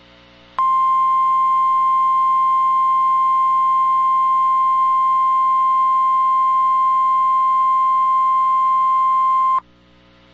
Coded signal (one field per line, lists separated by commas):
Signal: Emergency Alert System (SAME) tones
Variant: 1050 Hz attention tone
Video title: Required Weekly Test (EAS 1689)